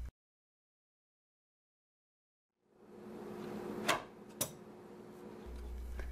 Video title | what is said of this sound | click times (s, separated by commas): How To Remove & Replace The Graphics Card On HP Pavilion Elite HPE-510T | you hear it click it is now locked in place | 4.4 s